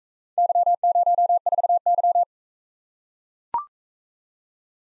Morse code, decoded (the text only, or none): Y04Y